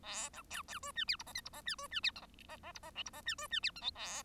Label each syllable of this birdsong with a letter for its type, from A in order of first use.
A B C C D E F G H I G H E D E F J H H G H K G H E D E F J L A